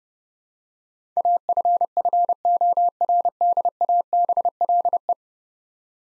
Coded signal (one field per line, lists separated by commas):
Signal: Morse code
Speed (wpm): 29 wpm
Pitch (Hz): 700 Hz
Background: none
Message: AFFORDABLE